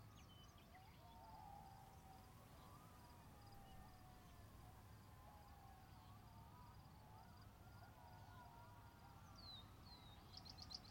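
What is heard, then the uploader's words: Coyotes howl and yip at dusk, their wavering, sliding cries weaving together through the whole eleven seconds. A low steady rumble sits underneath, and faint bird chirps come and go, with a brighter burst of high calls near the end. Coyotes at Dusk At Columbia National Wildlife Refuge. My final night I set up near the same location I had the evening before, but in a higher elevation, away from the marsh and into the plateau.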